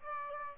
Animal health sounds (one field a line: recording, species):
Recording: mosquito wingbeat signal from an infrared sensor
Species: Aedes albopictus